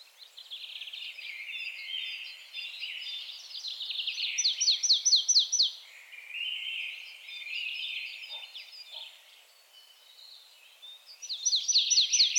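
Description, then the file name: Marsh tit calls: rapid series of sharp, descending notes around the middle and again at the end, amid continuous high chattering. "Poecile palustris"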